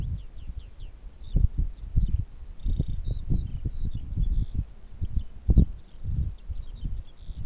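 Eurasian skylark singing an unbroken stream of high, rapid twittering notes and buzzy trills, with low rumbling noise beneath.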